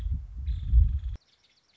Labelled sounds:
Nuttall's Woodpecker (Dryobates nuttallii)
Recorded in Sonoma County, California

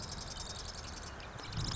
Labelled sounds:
Marsh Wren (Cistothorus palustris)
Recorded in Sonoma County, California

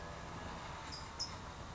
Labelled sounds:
California Towhee (Melozone crissalis)
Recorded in Sonoma County, California

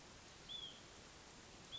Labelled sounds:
Hutton's Vireo (Vireo huttoni)
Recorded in Sonoma County, California

